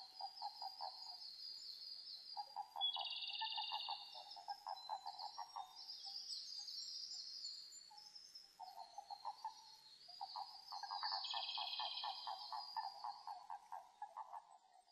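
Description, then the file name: Japanese common toad calls as soft pulsed trills near one pitch, in long overlapping runs, while higher birds sing whistled phrases above. Eastern Japanese toad subspecies; recorded 5 June 2005. "050605 azumahikigaeru"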